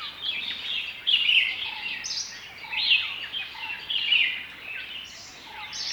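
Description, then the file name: Bulbuls chattering together, quick liquid chirps and slurred notes tumbling over one another, swelling in loud bursts against faint background hiss. Several bulbuls calling. "Cheery Bulbuls"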